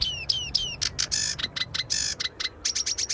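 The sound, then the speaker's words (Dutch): A sedge warbler, a small drab bird hidden in reeds, sings a fast, chattering song of harsh buzzy notes and quick repeated trills mixed with imitations of other birds, shifting abruptly between phrases, with low rumbling background noise underneath. “De rietzanger is echt heel erg snel.”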